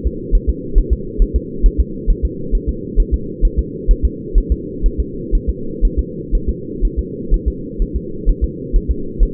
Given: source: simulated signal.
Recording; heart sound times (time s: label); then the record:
fetal heart sounds
0.07 s: S2
0.35 s: S1
0.50 s: S2
0.78 s: S1
0.93 s: S2
1.22 s: S1
1.36 s: S2
1.66 s: S1
1.80 s: S2
2.10 s: S1
2.25 s: S2
2.55 s: S1
2.69 s: S2
3.00 s: S1
3.14 s: S2
3.45 s: S1
3.59 s: S2
3.91 s: S1
4.05 s: S2
4.38 s: S1
4.52 s: S2
4.86 s: S1
5.00 s: S2
5.35 s: S1
5.49 s: S2
5.85 s: S1
5.99 s: S2
6.35 s: S1
6.49 s: S2
6.85 s: S1
6.99 s: S2
7.34 s: S1
7.48 s: S2
7.82 s: S1
7.96 s: S2
8.30 s: S1
8.44 s: S2
8.76 s: S1
8.91 s: S2
9.23 s: S1
From the record:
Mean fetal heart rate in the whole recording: 130 bpm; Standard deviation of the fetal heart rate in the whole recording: 4 bpm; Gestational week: 38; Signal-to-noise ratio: -4.3 dB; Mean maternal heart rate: 72 bpm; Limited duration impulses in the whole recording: absent